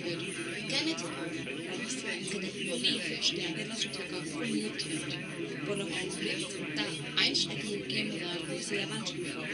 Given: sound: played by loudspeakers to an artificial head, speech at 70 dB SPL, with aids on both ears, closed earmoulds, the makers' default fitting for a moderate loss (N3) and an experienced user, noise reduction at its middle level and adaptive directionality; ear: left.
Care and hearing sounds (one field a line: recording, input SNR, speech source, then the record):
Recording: speech test signal (ISTS) in cocktail-party noise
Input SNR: -3 dB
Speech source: on the right (90 degrees)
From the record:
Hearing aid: class 2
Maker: B